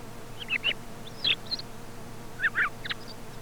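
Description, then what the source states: Thrush: a few short bursts of bright squeaky notes over a steady background hiss and low hum. Commercial lure recording sold in Càlig for use in parany bird trapping.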